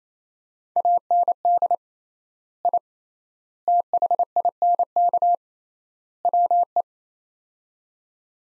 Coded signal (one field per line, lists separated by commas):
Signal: Morse code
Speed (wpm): 27 wpm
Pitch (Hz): 700 Hz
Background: none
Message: AND I THINK WE